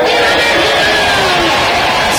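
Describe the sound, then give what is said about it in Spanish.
A large crowd roars continuously during the cry of independence given from a balcony, a dense wash of shouting voices blending into a loud, steady din with no single voice standing out. “¿Pero le aplauden o lo abuchean?”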